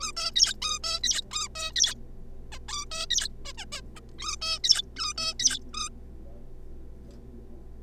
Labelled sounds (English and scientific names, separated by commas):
Zebra Finch (Taeniopygia guttata)